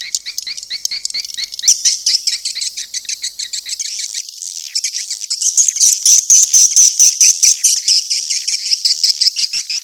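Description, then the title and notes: Swiftlet calls, a run of rapid pulsed twittering notes, louder in the second half. Sound used in swiftlet farming in Asia. "Swiflet Bird Sound. Farming Swiflet Bird asia sound"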